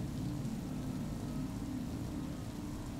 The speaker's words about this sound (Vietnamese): Còn ngoài trời, mưa vẫn ầm ầm trên mái tôn nhà.